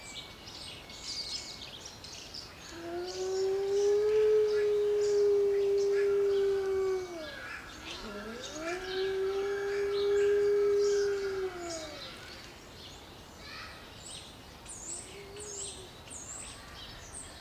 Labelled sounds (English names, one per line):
Gray Wolf howling